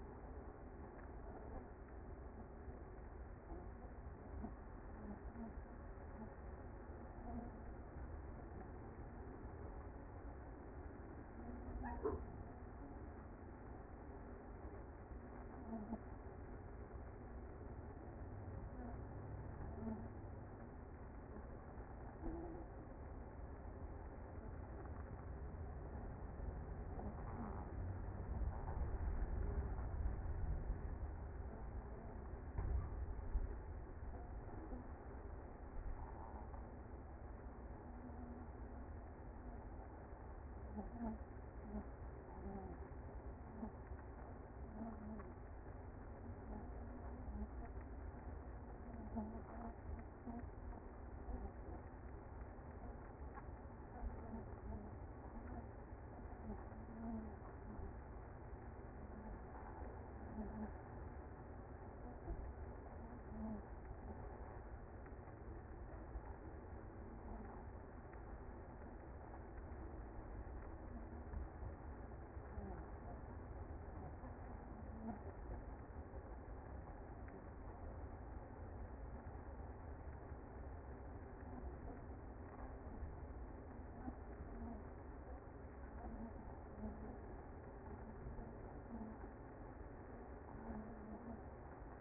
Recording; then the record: honeybee colony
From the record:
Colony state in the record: active